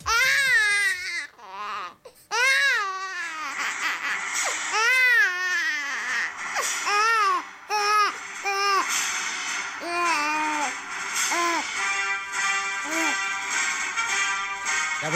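Loud, high-pitched infant cry bursts with rising and falling wails, separated by brief gasping pauses, fill the first half. The crying then softens into shorter, quieter whimpers as steady orchestral music plays in the background, an ordinary infant cry.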